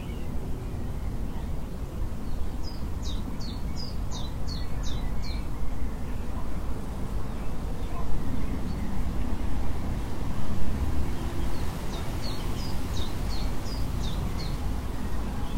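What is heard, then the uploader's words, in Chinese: Wind blows steadily, with a dense, low rushing and rustling of bamboo leaves that swells slightly around the middle. A bird sings two bursts of quick, bright, descending chirps, one from about 2.5 to 5.5 seconds and another from 12 to 14.5 seconds. 风声 鸟叫声 竹叶摇动的声音 白噪音。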